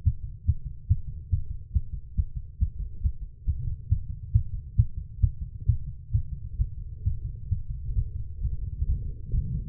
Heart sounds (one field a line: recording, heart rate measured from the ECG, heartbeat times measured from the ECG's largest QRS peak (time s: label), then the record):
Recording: heart sounds by stethoscope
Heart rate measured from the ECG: 136 bpm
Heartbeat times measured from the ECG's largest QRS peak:
0.03 s: heartbeat
0.45 s: heartbeat
0.87 s: heartbeat
1.29 s: heartbeat
1.72 s: heartbeat
2.15 s: heartbeat
2.58 s: heartbeat
3.01 s: heartbeat
3.44 s: heartbeat
3.88 s: heartbeat
4.32 s: heartbeat
4.75 s: heartbeat
5.20 s: heartbeat
5.65 s: heartbeat
6.11 s: heartbeat
6.57 s: heartbeat
7.03 s: heartbeat
7.48 s: heartbeat
7.94 s: heartbeat
8.40 s: heartbeat
8.86 s: heartbeat
9.32 s: heartbeat
From the record:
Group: healthy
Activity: Valsalva maneuver 0-7 s, rest 7-10 s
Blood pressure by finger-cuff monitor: 146/100 mmHg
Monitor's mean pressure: 116 mmHg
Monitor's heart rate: 138 bpm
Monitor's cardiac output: 8.7 L/min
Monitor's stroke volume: 63 mL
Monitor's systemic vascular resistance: 970 dyn s/cm5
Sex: female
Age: 19 years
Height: 163 cm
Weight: 51 kg